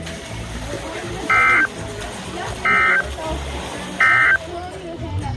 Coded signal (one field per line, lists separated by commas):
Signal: Emergency Alert System (SAME) tones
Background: speech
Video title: Bout a Week Of Stuff (EAS 328-354)